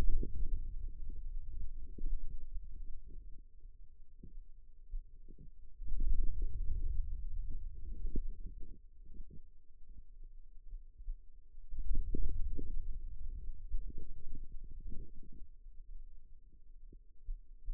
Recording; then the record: forearm muscle sounds (acoustic myography)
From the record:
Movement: hand opening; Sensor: system 2, bracelet of six BSWA MPA416 microphones around the upper forearm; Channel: 5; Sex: male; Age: 22 years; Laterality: right